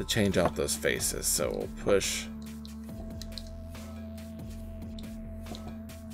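An interchangeable plastic face piece is being handled to swap it into the head of a 6-inch Jazwares Fortnite Legendary Abstrakt action figure. Someone talks over a steady tonal hum, followed by a few faint, sharp ticks of handling. Nothing has seated or clicked yet.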